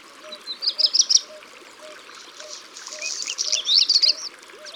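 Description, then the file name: Black redstart song with two phrases, each a rapid high jingle, the second preceded by a scratchy hiss-like crackle; a low note repeats beneath. "Rougequeue noir"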